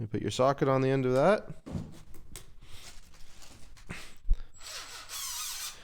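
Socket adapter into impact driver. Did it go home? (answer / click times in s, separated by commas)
yes / 2.4 s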